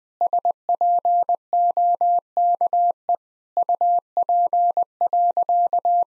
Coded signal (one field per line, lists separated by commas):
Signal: Morse code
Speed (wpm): 20 wpm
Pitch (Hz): 700 Hz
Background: none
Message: SPOKE UP.